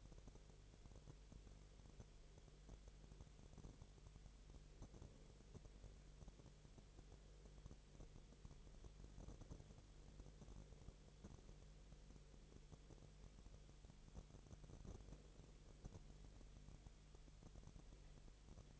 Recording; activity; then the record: daily activity, microphone in the room; no activity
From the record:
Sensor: 4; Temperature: 22.4 degrees Celsius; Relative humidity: 31.0%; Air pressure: 1004.1 hPa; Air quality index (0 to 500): 85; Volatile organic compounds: 1 ppm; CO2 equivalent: 769 ppm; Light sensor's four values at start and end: 2/3/1/1 and 2/3/1/1